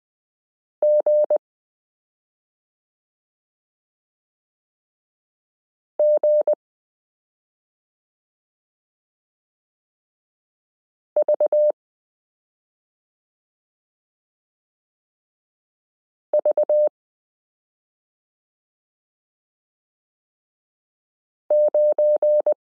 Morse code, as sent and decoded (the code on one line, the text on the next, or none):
--. / --. / ...- / ...- / ----.
G G V V 9